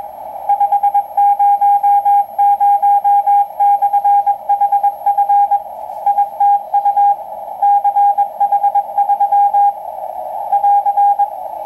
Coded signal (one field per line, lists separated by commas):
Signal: Morse code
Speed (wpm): 20 wpm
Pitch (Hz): 810 Hz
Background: radio noise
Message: 500/HF ITU CH3 <AR>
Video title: Night of Nights reception of KPH KSM KFS Pt Reyes Maritime station shortwave